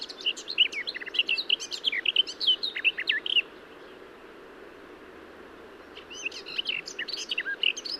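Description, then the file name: Garden warbler delivering a long bubbling warble of quick varied notes, pausing for a couple of seconds before starting another rapid phrase. "Garden-Warbler- -Sylvia-borin"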